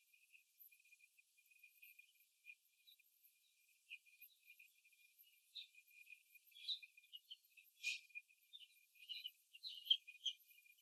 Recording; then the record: young laying hens in a cage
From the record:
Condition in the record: before the stressor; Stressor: simulated dog barking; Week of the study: 3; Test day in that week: 1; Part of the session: 2